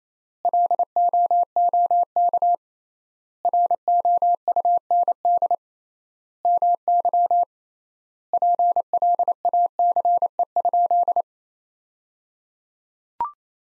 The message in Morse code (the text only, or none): LOOK ROUND MY PLACE?